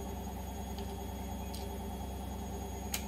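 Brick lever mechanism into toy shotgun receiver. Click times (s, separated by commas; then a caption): 2.9 s. After firing, the lever-action breech of a plastic brick-built Lego Winchester 1887 mk.2 (version 2) toy shotgun is worked, with the lever mechanism going into the toy shotgun receiver. Over a steady low hum and a few faint ticks, a sharp plastic click comes at 2.9 s as the mechanism snaps shut and latches.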